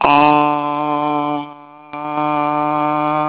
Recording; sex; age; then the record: sustained vowel /a/ by telephone; male; 60 to 69 years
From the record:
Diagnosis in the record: Parkinson's disease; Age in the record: 61 years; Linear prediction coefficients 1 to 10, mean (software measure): 1.56, -1.04, 0.55, -0.82, 0.53, -0.06, 0.33, -0.72, 0.46, -0.10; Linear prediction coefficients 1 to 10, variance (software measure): 0.063, 0.184, 0.097, 0.085, 0.114, 0.099, 0.112, 0.102, 0.082, 0.014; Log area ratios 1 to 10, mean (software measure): -2.07, 1.89, -0.14, 0.45, -0.83, 0.16, 0.52, 0.30, -0.63, 0.19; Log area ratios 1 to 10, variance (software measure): 0.039, 0.180, 0.083, 0.195, 0.075, 0.084, 0.046, 0.161, 0.097, 0.058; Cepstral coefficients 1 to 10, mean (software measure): 1.56, 0.21, 0.18, -0.47, -0.37, -0.07, 0.28, -0.07, 0.00, 0.11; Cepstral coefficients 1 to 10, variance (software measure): 0.063, 0.017, 0.027, 0.014, 0.007, 0.012, 0.018, 0.004, 0.013, 0.004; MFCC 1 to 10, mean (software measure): -4.71, 1.42, -0.73, -0.81, -0.10, 1.10, -0.88, 0.06, -0.37, -0.61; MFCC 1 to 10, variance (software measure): 3.302, 0.035, 0.101, 0.082, 0.021, 0.028, 0.037, 0.060, 0.165, 0.154